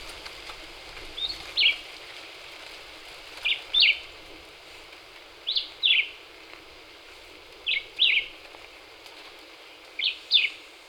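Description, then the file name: Black-whiskered vireo singing terse paired chirps, five phrases spaced about two seconds apart, against a soft steady hiss. Recorded 26 April 2019. "2019-04-26 Black-whiskered Vireo"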